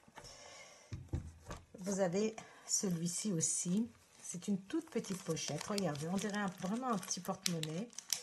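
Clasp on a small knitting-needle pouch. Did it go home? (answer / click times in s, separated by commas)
no / none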